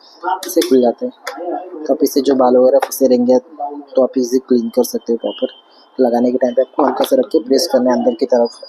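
Someone talks while handling the plastic roller brush and cover of a Dreame R10 vacuum floor head after the roller brush has been cleaned, about to be placed back and pressed inward to lock. Only speech and faint handling sounds are heard. Nothing has seated or clicked yet.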